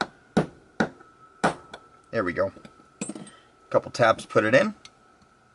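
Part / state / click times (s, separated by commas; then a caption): mainspring housing pin into 1911 pistol frame / not seated / none. Someone talks while handling a steel mainspring housing pin at a 1911 pistol frame, getting it ready to push through and snap over the internal detent. Several sharp metallic taps and knocks are heard between the spoken phrases. Nothing has seated or clicked yet.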